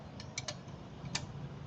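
Soft ticking clicks at 0.2, 0.4, 0.5 and 1.2 seconds come from the shift drum and stopper of a Suzuki RC100 motorcycle gearbox. The mechanic shifts from first to second gear during assembly so the stopper can lock the drum. The gear is only partly engaged because the shift does not go all the way, and the shaft has to be turned a bit more before it drops into gear.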